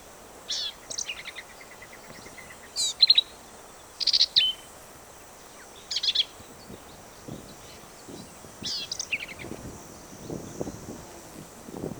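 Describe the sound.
Black-capped vireo song: varied, harsh, scratchy phrases in several bursts, with some quiet low rustling sounds later on.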